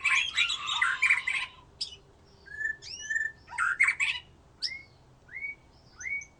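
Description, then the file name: White-rumped shama song opening with a dense scratchy burst, then sharp rising whistled slurs and short chatters repeated at an irregular quick pace. "murai batu"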